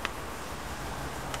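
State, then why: Seated. A magazine is inserted front lip first into the magazine well of an A&K airsoft Dragunov SVD rifle and rocked back until the catch engages. After a sharp tick at 0.1 s and a steady low background, a positive click is heard at 1.3 s as the magazine seats, and it then holds firmly.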